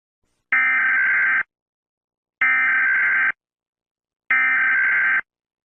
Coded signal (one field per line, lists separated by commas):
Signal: Emergency Alert System (SAME) tones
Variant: header bursts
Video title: Remastered EAS scenario: Moon collision ￼| EAS scenario